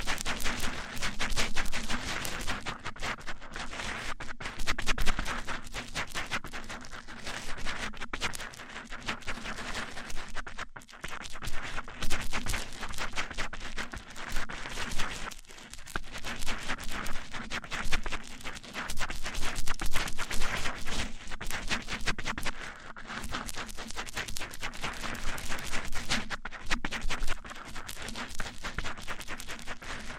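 Microphone rubbed against microphone gives a dense, continuous scratching and brushing that runs the whole half minute in quick, uneven strokes. A steady low hum sits underneath throughout, and the rubbing briefly stops near eleven and fifteen seconds.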